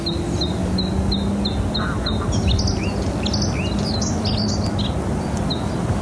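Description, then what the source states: Bluethroat singing a varied song of repeated high ringing notes and quick twittering phrases, over a steady low hum and background noise. The bluethroats are back in spring.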